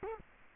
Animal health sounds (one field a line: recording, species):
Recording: mosquito wingbeat signal from an infrared sensor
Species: Culex quinquefasciatus